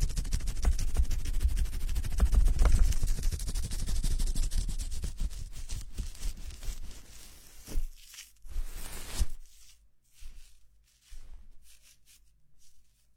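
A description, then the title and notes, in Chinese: Head massage during a hair wash: dense, crackly scrubbing and rubbing fills the first seven seconds, with a low rumble underneath. After that the sound thins into separate short bursts of scratching and rustling, with near-silent gaps between them. 头部按摩 洗头(无人声)。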